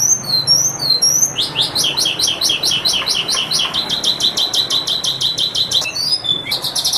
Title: Suara Burung Branjangan